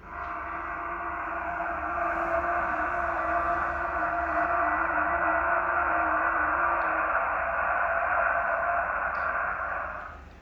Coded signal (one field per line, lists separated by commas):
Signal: FT8